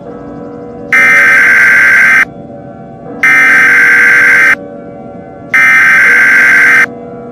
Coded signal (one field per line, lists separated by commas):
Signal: Emergency Alert System (SAME) tones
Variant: header bursts